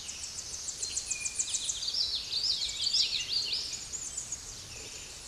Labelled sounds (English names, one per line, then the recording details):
Hooded Warbler song
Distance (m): 160 m
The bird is about 25 m above the microphone
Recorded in a Pennsylvania forest on 16 May 2024 at 09:49
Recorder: AudioMoth, point MSD-1293
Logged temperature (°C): 12.0 °C
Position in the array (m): -94 m, 195 m